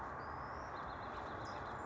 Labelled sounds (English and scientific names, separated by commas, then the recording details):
California Towhee (Melozone crissalis)
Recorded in Sonoma County, California